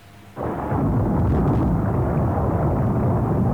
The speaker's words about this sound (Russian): К довершению несчастья началась гроза.